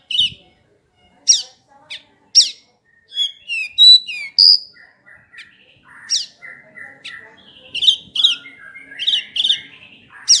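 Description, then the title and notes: Horsfield's bush lark song: varied high chirps, quick slurred whistles and buzzy trills flowing into a continuous, jumbled warble near the end. "Kicau Burung Branjangan"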